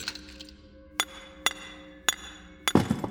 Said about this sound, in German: Wir klopfen einfach die Granatenspitze hier mit dem Hammer ab.